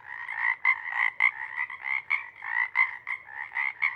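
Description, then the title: Pacific chorus frogs in a dense chorus of rapid overlapping croaks, pulsing several times a second without pause. Pond chorus in pre-morning twilight as night wanes; chorus breaks into successive waves circling the pond, then staccato sections tapering as temperature torpor sets in and individuals leave to hunt. "Chorus Frogs, Chorus Waxes and Wanes, pre-morning-twilight"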